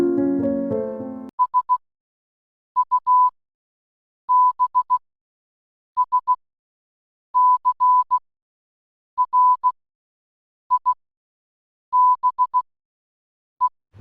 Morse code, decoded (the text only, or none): SUBSCRIBE